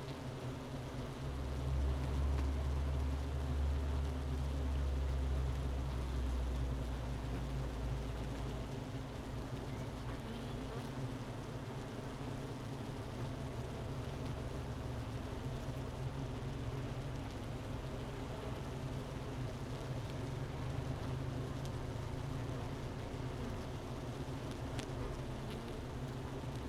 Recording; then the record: honeybee colony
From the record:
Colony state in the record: missing queen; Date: 31 May 2018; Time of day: 11:41